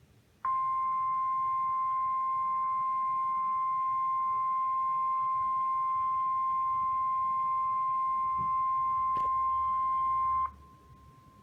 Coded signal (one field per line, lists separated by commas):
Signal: Emergency Alert System (SAME) tones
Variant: 1050 Hz attention tone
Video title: {DOUBLE HEADER} EAS #1314-1315 - MY FIRST LAKESHORE FLOOD WARNING AND HIGH WIND WARNING - iPhone